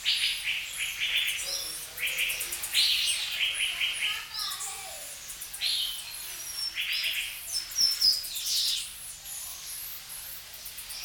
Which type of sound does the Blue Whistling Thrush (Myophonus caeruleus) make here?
call